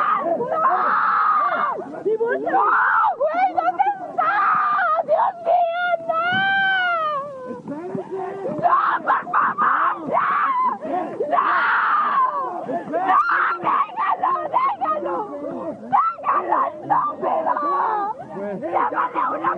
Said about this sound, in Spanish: Alcanzas a oír que dice, llamen a una patrulla, auxilio, auxilio. La patrulla nunca llegó. Llegó alguien del Ministerio Público y no los quiso atender. ¿Por qué esta mujer está gritando? Esta es la mujer que está gritando.